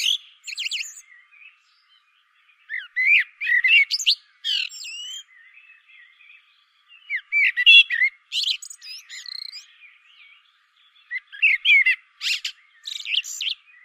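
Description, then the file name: Common blackbird singing in separate bursts about every four seconds, each a mellow warble breaking into thin, squeaky high twitters; no other sounds. "Turdus merula"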